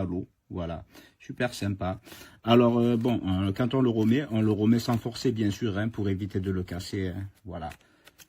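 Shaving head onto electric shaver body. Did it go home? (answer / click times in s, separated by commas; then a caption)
no / none. A plastic shaving head is being refitted by hand onto the body of an Amurhey mini electric beard shaver after rinsing, pushed on gently without forcing to avoid breaking it. Someone talks throughout, and two faint short ticks sound near the end at about 8.1 and 8.2 seconds. The head has not seated or clicked on yet.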